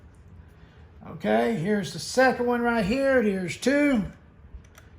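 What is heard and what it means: Someone talks while a second spring-loaded plastic missile is pushed into the exhaust launcher of a Trendmasters Battlestar Galactica Colonial Viper toy spaceship. Two short, sharp plastic clicks come at 4.7 s and 4.8 s as the missile seats in the launcher.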